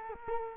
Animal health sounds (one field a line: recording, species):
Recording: mosquito wingbeat signal from an infrared sensor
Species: Culex quinquefasciatus